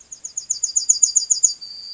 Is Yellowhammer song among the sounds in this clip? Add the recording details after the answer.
yes. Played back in grassland. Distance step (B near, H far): C. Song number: 158